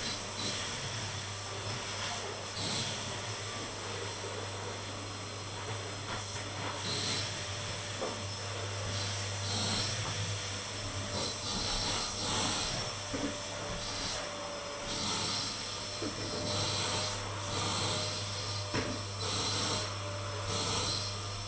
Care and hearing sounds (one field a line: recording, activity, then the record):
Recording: daily activity, microphone in the room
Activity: vacuum cleaning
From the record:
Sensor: 4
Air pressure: 992.6 hPa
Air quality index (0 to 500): 146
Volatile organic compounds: 94 ppm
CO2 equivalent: 3712 ppm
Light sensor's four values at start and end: 19/65/24/25 and 17/56/21/21